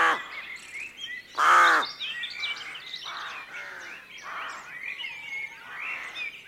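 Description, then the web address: Rook caws, hoarse and repeated, with one loud grating call early on among a busy chatter of other crow-like calls. Rookery at dawn. "BBC. rookery at dawn also calls from jackdaw"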